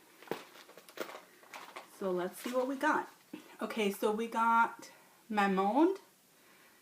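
The snap fastener on a small black cosmetic bag from a beauty box is pressed shut. It gives a sharp, short click at 0.3 s, followed by a few faint taps, and then someone talks. The snap closes and seats in place.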